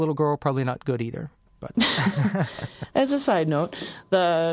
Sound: laughs